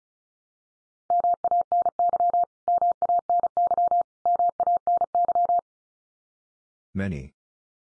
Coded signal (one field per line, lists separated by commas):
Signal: Morse code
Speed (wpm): 34 wpm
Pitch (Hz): 700 Hz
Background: none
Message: MANY MANY MANY